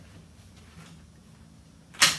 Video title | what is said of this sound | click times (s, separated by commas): MacSports WPP-100 utility Wagon Dangers and Features | and locks into place. | 2.0 s